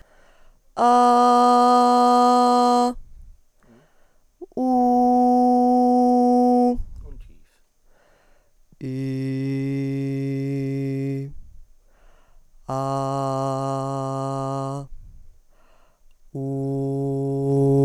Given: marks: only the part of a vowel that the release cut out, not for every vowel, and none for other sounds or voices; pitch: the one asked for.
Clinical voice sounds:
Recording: sustained vowels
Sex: female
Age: 20 to 29 years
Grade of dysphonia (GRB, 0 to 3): 2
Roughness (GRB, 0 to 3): 2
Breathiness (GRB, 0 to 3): 2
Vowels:
0.89-2.79 s: vowel /a/, high pitch
4.74-6.55 s: vowel /u/, high pitch
9.02-11.11 s: vowel /i/, low pitch
12.85-14.67 s: vowel /a/, low pitch
16.49-17.45 s: vowel /u/, low pitch
From the record:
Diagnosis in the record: hyperfunctional dysphonia, dysodia (singing voice disorder)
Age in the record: 29 years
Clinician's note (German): Sehr schnelles Sprechtempo, enge Artikulation

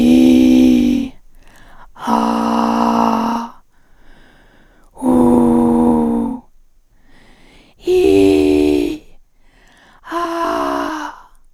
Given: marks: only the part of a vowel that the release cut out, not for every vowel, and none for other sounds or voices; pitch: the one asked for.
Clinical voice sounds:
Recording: sustained vowels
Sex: female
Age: 50 to 59 years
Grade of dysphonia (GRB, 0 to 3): 3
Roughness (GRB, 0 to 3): 3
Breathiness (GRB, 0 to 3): 2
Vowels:
0.00-0.92 s: vowel /i/, normal pitch
2.25-3.18 s: vowel /a/, normal pitch
8.03-8.64 s: vowel /i/, high pitch
10.28-10.98 s: vowel /a/, high pitch
From the record:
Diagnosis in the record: recurrent laryngeal nerve paralysis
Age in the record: 55 years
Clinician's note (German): Rechts in Intermediärstellung, keine Kompensation, breite glottische Insuffizienz; R1 B2 H1

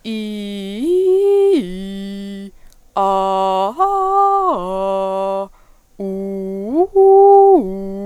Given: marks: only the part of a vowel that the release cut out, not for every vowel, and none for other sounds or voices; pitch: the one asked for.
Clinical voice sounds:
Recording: sustained vowels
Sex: female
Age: 20 to 29 years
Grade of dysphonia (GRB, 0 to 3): 0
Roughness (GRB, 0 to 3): 0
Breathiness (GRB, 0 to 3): 0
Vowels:
0.23-2.20 s: vowel /i/, low-high-low pitch
3.13-5.11 s: vowel /a/, low-high-low pitch
6.25-7.29 s: vowel /u/, low-high-low pitch
From the record:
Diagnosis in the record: healthy voice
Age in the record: 26 years

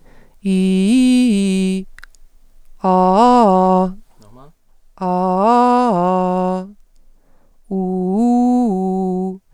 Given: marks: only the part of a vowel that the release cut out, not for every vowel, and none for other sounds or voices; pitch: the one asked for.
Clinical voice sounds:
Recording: sustained vowels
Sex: female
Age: 30 to 39 years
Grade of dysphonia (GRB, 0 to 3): 0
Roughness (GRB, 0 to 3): 0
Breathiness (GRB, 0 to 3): 0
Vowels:
0.55-1.71 s: vowel /i/, low-high-low pitch
5.12-6.44 s: vowel /a/, low-high-low pitch
7.82-9.21 s: vowel /u/, low-high-low pitch
From the record:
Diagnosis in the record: healthy voice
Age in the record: 39 years

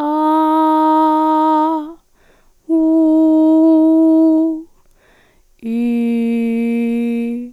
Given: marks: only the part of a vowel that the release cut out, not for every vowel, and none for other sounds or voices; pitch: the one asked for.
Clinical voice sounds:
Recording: sustained vowels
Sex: female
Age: 18 to 19 years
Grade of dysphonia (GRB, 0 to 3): 0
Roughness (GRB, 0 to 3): 0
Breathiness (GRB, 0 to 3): 0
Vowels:
0.27-1.55 s: vowel /a/, high pitch
2.90-4.26 s: vowel /u/, high pitch
5.86-7.18 s: vowel /i/, low pitch
From the record:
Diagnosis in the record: hyperfunctional dysphonia, dysodia (singing voice disorder)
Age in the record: 18 years

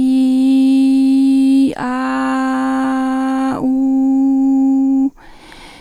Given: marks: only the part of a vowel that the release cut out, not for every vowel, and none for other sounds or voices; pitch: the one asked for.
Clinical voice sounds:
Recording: sustained vowels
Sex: female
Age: 40 to 49 years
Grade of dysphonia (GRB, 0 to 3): 2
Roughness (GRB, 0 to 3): 1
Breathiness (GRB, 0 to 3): 2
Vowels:
0.00-1.62 s: vowel /i/, normal pitch
1.89-3.48 s: vowel /a/, normal pitch
3.67-5.02 s: vowel /u/, normal pitch
From the record:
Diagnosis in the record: recurrent laryngeal nerve paralysis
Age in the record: 41 years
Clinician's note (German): Links paramedian, mit beginnender phonatorischer Kompensation

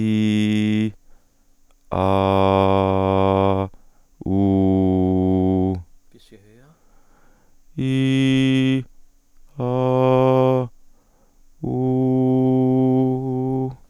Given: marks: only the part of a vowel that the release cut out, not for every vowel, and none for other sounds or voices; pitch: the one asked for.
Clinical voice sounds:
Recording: sustained vowels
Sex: male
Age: 20 to 29 years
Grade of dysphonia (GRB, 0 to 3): 2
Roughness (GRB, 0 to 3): 2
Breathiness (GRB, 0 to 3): 0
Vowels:
0.00-0.78 s: vowel /i/, normal pitch
2.08-3.48 s: vowel /a/, normal pitch
4.43-5.57 s: vowel /u/, normal pitch
7.85-8.74 s: vowel /i/, high pitch
9.64-10.59 s: vowel /a/, high pitch
11.74-13.63 s: vowel /u/, high pitch
From the record:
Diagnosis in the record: dysodia (singing voice disorder)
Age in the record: 29 years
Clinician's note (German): Überlastungssymptomatik

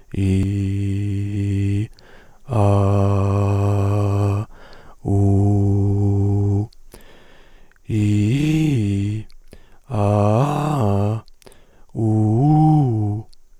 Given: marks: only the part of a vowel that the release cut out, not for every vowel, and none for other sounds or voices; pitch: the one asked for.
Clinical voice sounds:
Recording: sustained vowels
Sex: male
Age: 20 to 29 years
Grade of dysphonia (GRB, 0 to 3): 2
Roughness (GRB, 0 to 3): 1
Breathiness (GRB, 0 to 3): 2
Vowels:
0.46-1.24 s: vowel /i/, low pitch
2.63-4.30 s: vowel /a/, low pitch
5.13-6.55 s: vowel /u/, low pitch
7.98-9.14 s: vowel /i/, low-high-low pitch
10.01-11.13 s: vowel /a/, low-high-low pitch
12.09-13.11 s: vowel /u/, low-high-low pitch
From the record:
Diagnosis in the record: hyperfunctional dysphonia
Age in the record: 29 years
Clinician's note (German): Hyperfunktionelle Dysphonie

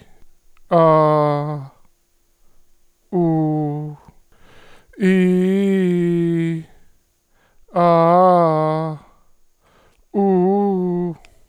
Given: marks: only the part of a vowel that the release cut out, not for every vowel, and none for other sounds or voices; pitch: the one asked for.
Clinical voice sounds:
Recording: sustained vowels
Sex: male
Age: 30 to 39 years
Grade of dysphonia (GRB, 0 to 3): 1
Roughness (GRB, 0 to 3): 0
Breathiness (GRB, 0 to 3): 0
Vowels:
0.76-1.33 s: vowel /a/, normal pitch
3.17-3.68 s: vowel /u/, normal pitch
5.13-6.41 s: vowel /i/, low-high-low pitch
7.81-8.70 s: vowel /a/, low-high-low pitch
10.21-11.02 s: vowel /u/, low-high-low pitch
From the record:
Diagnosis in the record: hyperfunctional dysphonia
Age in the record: 38 years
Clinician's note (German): Multifaktoriell, ponogen

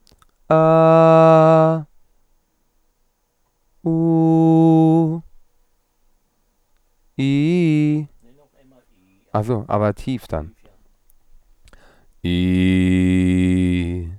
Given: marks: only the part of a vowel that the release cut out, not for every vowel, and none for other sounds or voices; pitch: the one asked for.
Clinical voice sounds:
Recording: sustained vowels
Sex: male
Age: 30 to 39 years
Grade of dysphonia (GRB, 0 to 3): 1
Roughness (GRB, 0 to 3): 1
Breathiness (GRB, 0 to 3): 1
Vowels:
0.56-1.66 s: vowel /a/, high pitch
3.92-5.03 s: vowel /u/, high pitch
12.33-13.77 s: vowel /i/, low pitch
From the record:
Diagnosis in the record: dysodia (singing voice disorder), lisp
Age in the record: 30 years

